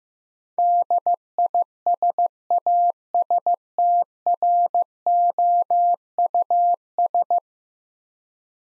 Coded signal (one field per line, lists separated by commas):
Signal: Morse code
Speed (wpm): 15 wpm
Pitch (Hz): 700 Hz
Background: none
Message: DISASTROUS